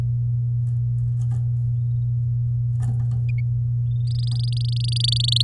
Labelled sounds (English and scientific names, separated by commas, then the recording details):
Domestic Canary (Serinus canaria) song
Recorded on 10 May 2018 at 13:17
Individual llb16